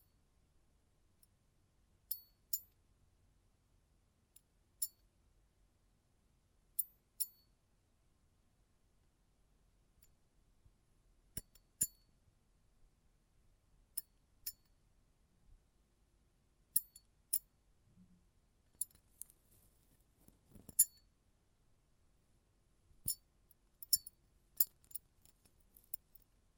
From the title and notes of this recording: ASMR Close Up Metallic Sounds (No Talking).